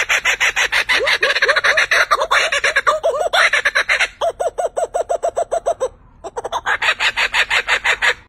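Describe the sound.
Kookaburra laughter, fast repeated hooting notes pulsing steadily, dipping briefly before resuming in a loud cackling burst.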